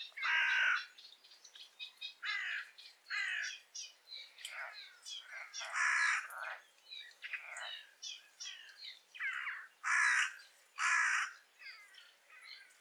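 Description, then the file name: Carrion crow caws, harsh and spaced irregularly, mixed with softer croaks and chatter throughout. "Corvus corone"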